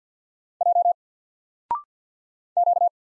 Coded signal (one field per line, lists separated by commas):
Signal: Morse code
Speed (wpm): 48 wpm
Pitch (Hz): 700 Hz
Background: none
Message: J Q